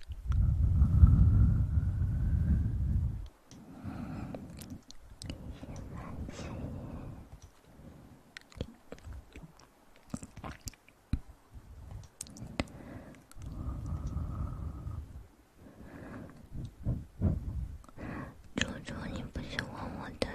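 Ear massage sounds: soft, muffled rubbing and pressing, loudest in a deep, thick burst over the first two and a half seconds. After that come uneven stretches of low rustling and brushing, broken by sharp crackles, taps and brief pauses, with busier crinkling toward the end.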